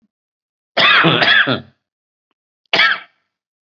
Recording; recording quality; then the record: heavy voluntary cough; excellent, no background noise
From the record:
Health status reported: COVID-19 positive, moderate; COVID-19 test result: positive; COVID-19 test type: rapid antigen test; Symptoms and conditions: cough, sore throat, fever, hypertension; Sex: male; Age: 55 years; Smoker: no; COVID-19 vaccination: both doses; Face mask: worn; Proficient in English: yes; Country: India